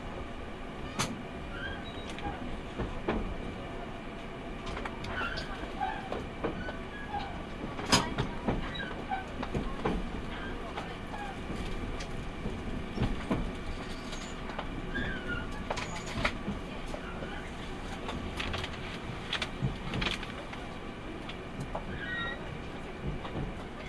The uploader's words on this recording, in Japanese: 耳で楽しむ鉄道旅 日豊本線特急ソニック6号 柳ヶ浦→小倉。